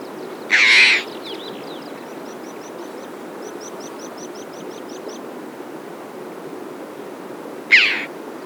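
Red-billed chough uttering two loud, rasping calls about seven seconds apart, with a run of quick high ticking notes between them.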